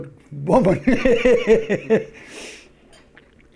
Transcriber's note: he laughs